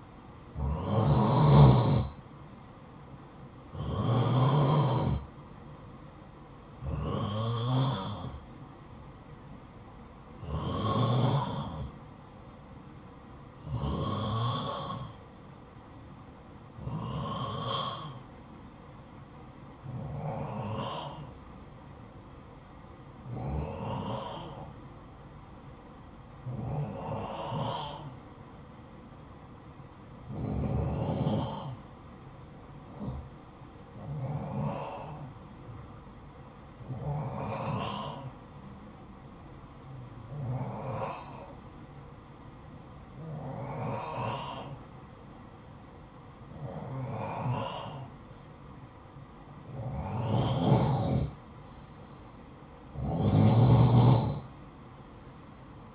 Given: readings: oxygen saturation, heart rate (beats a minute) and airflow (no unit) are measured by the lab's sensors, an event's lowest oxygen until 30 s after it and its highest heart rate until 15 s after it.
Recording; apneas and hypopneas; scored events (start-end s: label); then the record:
breathing in sleep by a smartphone at the bedside; 1
21.00-51.90 s: hypopnea (N1, oxygen 93% highest, then 90% lowest, heart rate 57 at the start, 61 highest)
From the record:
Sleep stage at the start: N1 (lightest sleep); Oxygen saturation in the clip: 88 to 93%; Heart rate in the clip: 54 to 62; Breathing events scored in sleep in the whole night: 573 in 9.8 hours asleep